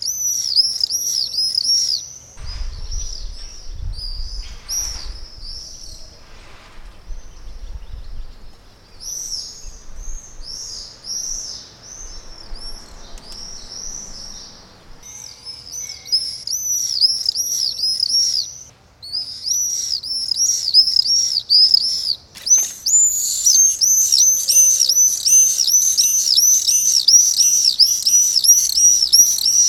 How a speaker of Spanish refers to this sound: Y los vencejos son como punkis, y la forma en la que gritan, en la forma en la que vuelan, en la que viven, son unos seres muy curiosos.